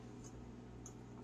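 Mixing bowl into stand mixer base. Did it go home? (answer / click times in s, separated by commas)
yes / 0.9 s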